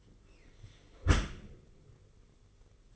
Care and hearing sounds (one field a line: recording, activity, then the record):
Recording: daily activity, microphone in the room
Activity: close dishwasher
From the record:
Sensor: 4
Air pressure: 991.3 hPa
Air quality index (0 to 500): 158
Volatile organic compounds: 129 ppm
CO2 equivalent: 3924 ppm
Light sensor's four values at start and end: 22/73/27/28 and 22/73/27/28